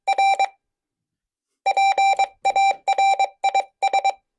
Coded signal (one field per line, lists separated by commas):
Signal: Morse code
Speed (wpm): 22 wpm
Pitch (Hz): 780 Hz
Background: none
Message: R PARIS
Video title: Club Talk - Learning CW Changed My Life - 13/05/2025